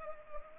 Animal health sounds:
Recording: mosquito wingbeat signal from an infrared sensor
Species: Anopheles arabiensis

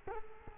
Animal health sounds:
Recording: mosquito wingbeat signal from an infrared sensor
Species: Culex quinquefasciatus

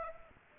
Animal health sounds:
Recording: mosquito wingbeat signal from an infrared sensor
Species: Aedes aegypti

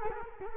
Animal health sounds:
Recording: mosquito wingbeat signal from an infrared sensor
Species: Culex quinquefasciatus

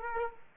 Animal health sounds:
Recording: mosquito wingbeat signal from an infrared sensor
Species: Aedes aegypti

